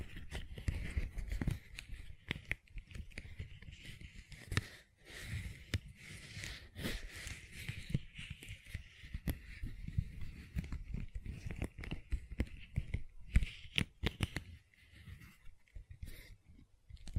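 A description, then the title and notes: Gentle silicone sounds: soft squishes, taps and crackles come thick and irregular for the whole stretch, over a low muffled thumping and a thin steady hiss. A few sharper clicks stand out around 13 to 14 seconds, with a brief lull near 5 seconds. ASMR Gentle Silicon Sounds for Sleep (No Talking).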